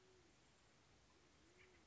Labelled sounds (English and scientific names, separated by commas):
Band-tailed Pigeon (Patagioenas fasciata)